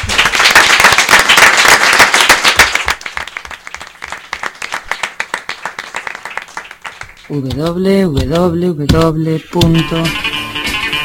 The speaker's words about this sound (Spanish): Bueno, pois vamos a dar un aplauso, non?